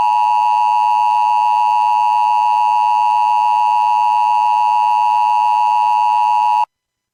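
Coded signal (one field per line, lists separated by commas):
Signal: Emergency Alert System (SAME) tones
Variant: 853 and 960 Hz attention tone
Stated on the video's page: Compilation of real EAS alerts: a 2019 Required Monthly Test on DirecTV, and Child Abduction Emergency alerts in 2020 and 2021, one relayed from IPAWS CAP.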